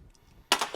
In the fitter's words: And then I just gently tap that in. And you want to hear that click.